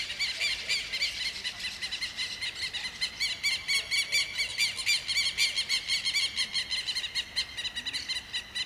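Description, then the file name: Southern Lapwings calling, harsh notes repeated rapidly in an uneven series. Several southern lapwings (quero-quero) in a field in the morning. "Quero queros e outros passaros no campo de manha"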